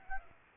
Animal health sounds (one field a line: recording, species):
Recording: mosquito wingbeat signal from an infrared sensor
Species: Aedes aegypti